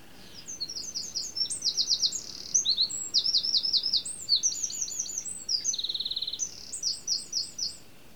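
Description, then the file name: Eurasian wren song: a loud, rapid outpouring of high, sharp notes and buzzy trills, including a fast rattling trill later on, all delivered in one continuous burst. "Troglodytes troglodytes"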